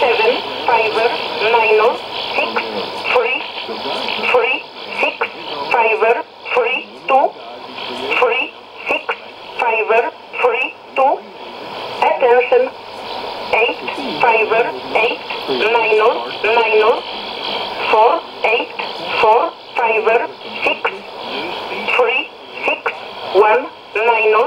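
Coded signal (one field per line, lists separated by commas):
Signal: numbers station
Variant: E11 Oblique, English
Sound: a voice reading short words at a steady, even pace over radio hiss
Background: radio static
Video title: 24 06 2017 Numbers station E11 Oblique in English to Eu 1353 on 15825 in USB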